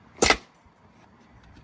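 A plastic retaining clip on the stock Jeep grille is pulled forward and pops free from the vehicle's radiator support. A sharp, bright snap lands at 0.2 s and then quickly fades to near-silence. The clip has released, and the grille then comes out.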